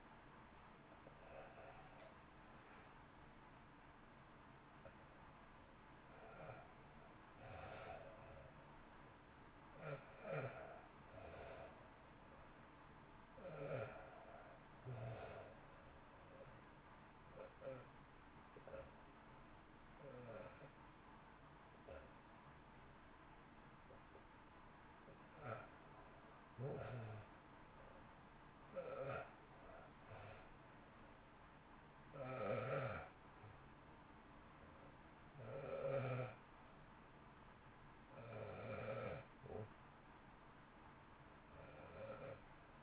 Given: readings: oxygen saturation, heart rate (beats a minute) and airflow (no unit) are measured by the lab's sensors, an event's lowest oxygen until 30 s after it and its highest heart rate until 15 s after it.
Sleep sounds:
breathing in sleep by a voice recorder at the bedside; 1
18.00-31.80 s: hypopnea (N1, oxygen 94% highest, then 90% lowest, heart rate 56 at the start, 61 highest)
From the record:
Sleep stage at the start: N1 (lightest sleep); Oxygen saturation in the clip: 74 to 94%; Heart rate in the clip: 54 to 77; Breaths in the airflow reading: 9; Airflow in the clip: -2.8 to 3.4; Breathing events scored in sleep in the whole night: 328 in 6.3 hours asleep

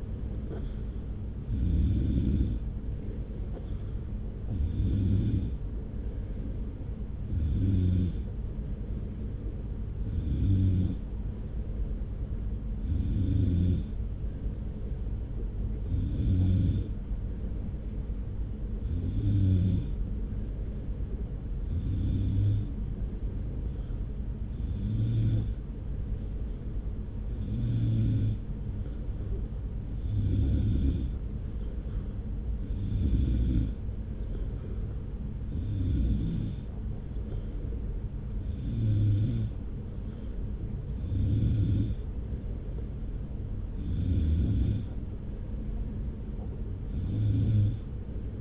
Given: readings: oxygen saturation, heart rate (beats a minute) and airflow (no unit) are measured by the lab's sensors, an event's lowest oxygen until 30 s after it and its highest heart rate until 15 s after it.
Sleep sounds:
breathing in sleep by a smartphone at the bedside; none
none scored
From the record:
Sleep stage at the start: N3 (deep sleep); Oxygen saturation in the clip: 94 to 95%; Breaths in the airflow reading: 18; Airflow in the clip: -0.9 to 1.0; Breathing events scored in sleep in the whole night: 335 in 6.7 hours asleep

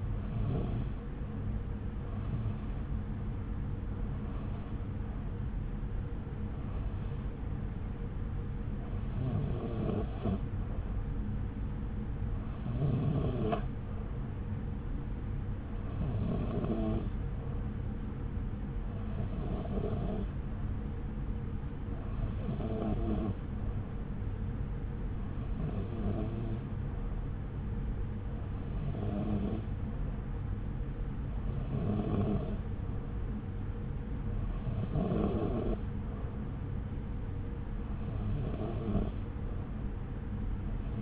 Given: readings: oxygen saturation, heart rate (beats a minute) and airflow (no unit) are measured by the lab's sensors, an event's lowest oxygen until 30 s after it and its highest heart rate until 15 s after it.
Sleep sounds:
breathing in sleep by a smartphone at the bedside; none
none scored
From the record:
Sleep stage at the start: REM sleep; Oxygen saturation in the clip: 93%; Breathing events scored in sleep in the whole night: 303 in 8.1 hours asleep

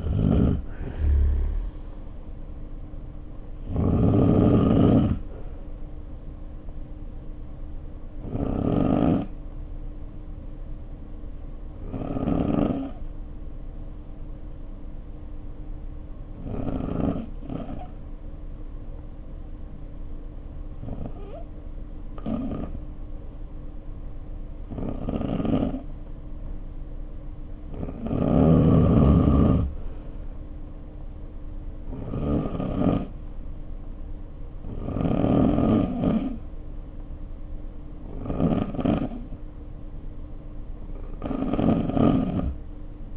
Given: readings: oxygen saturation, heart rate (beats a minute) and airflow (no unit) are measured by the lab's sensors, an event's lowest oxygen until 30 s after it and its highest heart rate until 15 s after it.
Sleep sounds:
breathing in sleep by a smartphone at the bedside; 1
13.00-31.20 s: hypopnea (N2, oxygen 95% highest, then 89% lowest, heart rate 52 at the start, 60 highest)
From the record:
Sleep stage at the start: N2 (light sleep); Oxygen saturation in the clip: 84 to 95%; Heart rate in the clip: 51 to 63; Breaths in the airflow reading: 12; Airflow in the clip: -3.3 to 3.0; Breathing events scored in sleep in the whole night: 520 in 7.2 hours asleep

